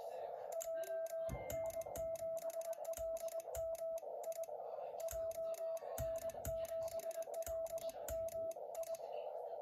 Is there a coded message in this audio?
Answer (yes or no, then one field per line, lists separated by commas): yes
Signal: Morse code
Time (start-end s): 0.6-9.0 s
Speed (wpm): 22 wpm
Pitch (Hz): 660 Hz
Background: music, radio noise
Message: JN7LMI JN7LMI